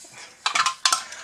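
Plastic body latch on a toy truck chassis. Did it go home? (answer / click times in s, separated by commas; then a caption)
released / 0.5 s, 0.9 s. While taking apart a plastic Bruder Dodge RAM toy pickup truck, someone pushes up on the exhaust and the black plastic retaining nose behind it on the chassis. The plastic body latch pops open with sharp plastic clicks at about 0.5 s and 0.9 s, each followed by a quick softer click. The latch is released and the body clip is open.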